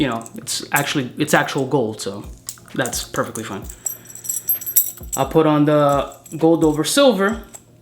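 A gold-over-silver jewelry chain is being handled as its tongue is brought toward a metal box clasp, with someone talking over quiet music. Light metallic jingling and small sharp taps of the chain sound between about 4.1 and 4.8 seconds. Nothing has clicked closed or seated yet by the end of the clip.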